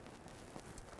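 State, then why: Not seated. The plastic electrical connector of a downstream oxygen sensor on a 2012-2017 Toyota Camry is held on one side while the other side is pressed toward the vehicle harness connector. Faint handling noises and brief soft taps are heard at about 0.1, 0.6 and 0.8 seconds over a low, steady background. Nothing has seated or clicked yet; the connector is not yet home.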